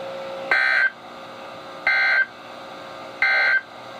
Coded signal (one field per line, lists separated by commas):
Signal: Emergency Alert System (SAME) tones